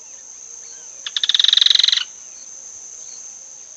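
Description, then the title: Yellow-chinned Spinetail calling with one quick, metallic rattling trill of roughly a second, set against a continuous shrill insect hum. "LuckyPassaro Completos2Sama. Yellow-chinned Spinetail (Certhiaxis cinnamomeus)"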